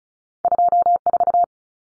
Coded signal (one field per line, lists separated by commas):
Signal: Morse code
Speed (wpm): 34 wpm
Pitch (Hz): 700 Hz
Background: none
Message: 24